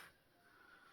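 Notebook cover tabs are folded back toward small plastic pins on a binder, a brief handling sound with a soft rustle at the start and a faint, steady background after. Nothing has seated or clicked yet.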